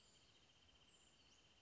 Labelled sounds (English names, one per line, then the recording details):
Wrentit
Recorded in Sonoma County, California